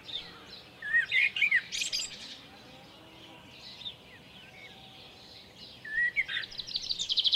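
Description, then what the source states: Common blackbird song: two phrases of low, fluty whistled notes, each ending in a thin, high squeaky twitter, with a quiet pause between them and a steady background hiss. At Lucenay.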